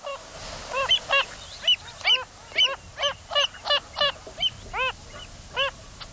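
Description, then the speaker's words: Wilson's phalarope calls: short nasal notes that arch up and then fall, given in an irregular series of about a dozen over six seconds, above faint background noise. Bird of salt lakes, known for spinning. "this is the call of that spinning bird of Salt Lakes, the Wilson's phalarope."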